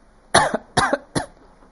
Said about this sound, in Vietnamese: Huyết thủ ho khan ba tiếng, kịch liệt, học ra một ngụm máu tươi, trên mặt không còn nửa điểm huyết sắc.